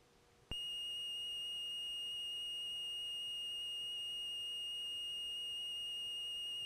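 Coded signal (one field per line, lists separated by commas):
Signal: Commodore tape loading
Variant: Commodore 1530 Datasette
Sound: a sudden, steady, slightly buzzy high tone that holds unchanged for six seconds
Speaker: and see if it works and there you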